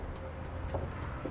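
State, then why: Not seated. The trailer wiring harness T-connector (C56040) is handled at the tail-light harness connector of a 2018 Subaru Forester, with low, steady background noise and a brief handling knock near 0.8 s. Nothing has seated or locked in yet.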